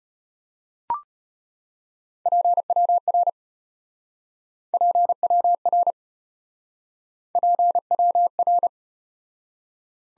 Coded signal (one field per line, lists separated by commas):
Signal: Morse code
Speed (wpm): 34 wpm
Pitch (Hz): 700 Hz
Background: none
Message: PWR PWR PWR